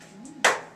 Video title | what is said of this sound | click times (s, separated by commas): Dawn at EPI 2010 b.mov | so it locks in place | 0.4 s